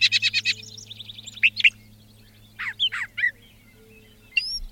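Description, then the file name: Brown thrasher song opening with a fast series of repeated notes and a trill, then scattered sharp slurred notes with pauses, over a low steady hum. "suara-kicauan-brown-thraser omkicau"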